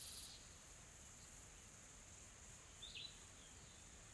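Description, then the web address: Insects hold a thin, high steady hiss. A single short bird chirp sounds near the three-second mark. Soft, calm insect ambience in a tropical forest in South Africa. "Sonniss com - GDC 2020-Game Audio Bundle Smart Sound FX - Nature South Africa AMBIENCE Additional Tropical Forest Soft Insects Calm"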